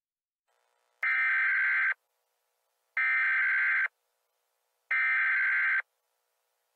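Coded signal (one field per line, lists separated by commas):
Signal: Emergency Alert System (SAME) tones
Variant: header bursts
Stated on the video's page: Fictional EAS scenario, a simulated alert.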